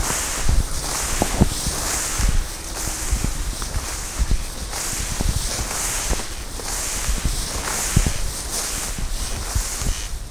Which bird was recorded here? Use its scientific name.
Crex crex